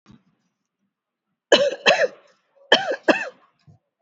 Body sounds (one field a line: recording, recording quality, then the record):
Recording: shallow voluntary cough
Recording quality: excellent, no background noise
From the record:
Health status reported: healthy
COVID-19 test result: not tested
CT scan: not taken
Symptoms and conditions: cough, fever, muscle pain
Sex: female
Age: 46 years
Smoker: no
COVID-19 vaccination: both doses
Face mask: worn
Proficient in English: yes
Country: India